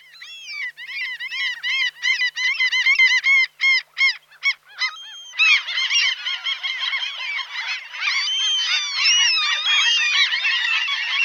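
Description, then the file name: Common gull calls: a series of nasal yelping notes that breaks into a dense chorus of overlapping mewing calls from several birds. "Racek bourni Larus canus"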